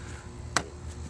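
The upper part of a plastic HVAC housing piece on a 2002-2009 Dodge Ram 1500 is pushed again into its mating housing during a heater core replacement. The latch snaps home with one loud, sharp click at 0.6 s. The click stands out against a low, steady background hum, and the piece is locked in place.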